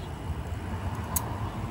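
During a camshaft install on a Taotao Pony 50 50cc motorcycle engine, a spring and bolt inserted in the top of the cylinder head are pushed down against a steady low rumble. A single sharp click sounds at 1.2 s as the spring-loaded part seats into place, a good sound.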